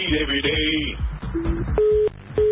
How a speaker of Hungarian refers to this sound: Ez pedig itt a telefon.